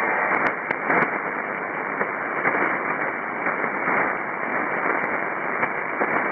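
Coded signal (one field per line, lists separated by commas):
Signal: ACARS aircraft data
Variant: HFDL (ACARS over HF)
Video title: ACARS-HF Node 17 (Teide, Gran Canaria, Canary Islands) - 6529 kHz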